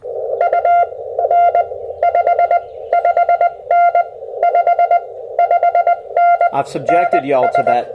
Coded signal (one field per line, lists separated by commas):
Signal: Morse code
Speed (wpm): 18 wpm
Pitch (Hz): 700 Hz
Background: speech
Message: UN 55N 55N NS